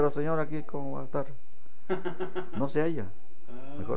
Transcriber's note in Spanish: risas